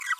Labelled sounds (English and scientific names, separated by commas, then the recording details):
Green-rumped Parrotlet (Forpus passerinus) babbling
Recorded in a nest box in Venezuela
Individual 18B25A4